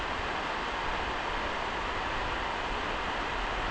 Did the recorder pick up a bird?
no